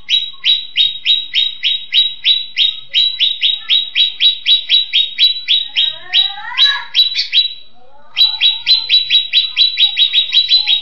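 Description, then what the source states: Leafbird song: a fast run of sharp, downslurred chip notes, broken by a twittered passage and a short pause, then the rapid chipping resumes. Cucak ijo song in the tembakan cililinan style.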